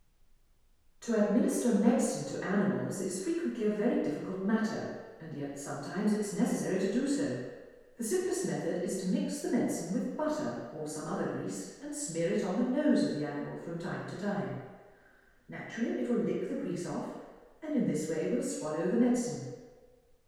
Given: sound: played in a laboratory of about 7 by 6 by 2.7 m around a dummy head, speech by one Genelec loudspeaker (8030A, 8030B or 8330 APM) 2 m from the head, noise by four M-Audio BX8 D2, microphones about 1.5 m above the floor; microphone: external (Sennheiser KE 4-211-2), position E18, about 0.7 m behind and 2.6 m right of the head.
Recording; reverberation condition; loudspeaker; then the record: female speech in English; high; 150 degrees to the left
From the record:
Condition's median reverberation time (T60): about 1300 ms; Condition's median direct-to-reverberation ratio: about -4.0 dB